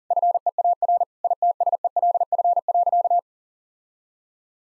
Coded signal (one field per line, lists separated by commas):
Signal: Morse code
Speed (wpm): 37 wpm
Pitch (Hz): 700 Hz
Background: none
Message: FEAR ITSELF.